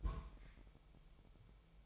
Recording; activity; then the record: daily activity, microphone in the room; place on stove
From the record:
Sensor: 1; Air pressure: 999.4 hPa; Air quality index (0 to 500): 200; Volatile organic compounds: 41 ppm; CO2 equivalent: 3165 ppm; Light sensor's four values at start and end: 9/22/8/9 and 9/22/8/9